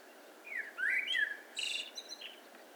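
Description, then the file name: Common blackbird with one song phrase: slurred, downward fluting notes followed by a squeaky, high, rasping twitter. "Turdus merula"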